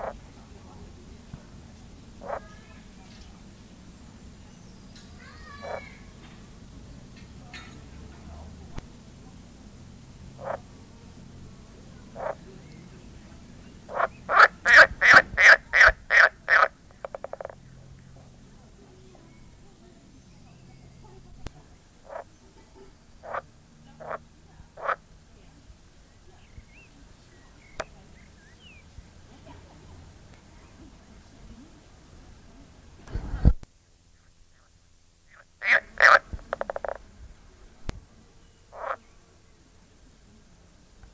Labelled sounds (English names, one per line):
Edible Frog